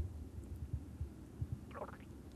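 Low, muffled rumbling with soft irregular thumps is picked up by a microphone held close against an adult's belly, followed by a brief higher gurgle near the end. This is stomach growling from hunger, an ordinary bowel sound.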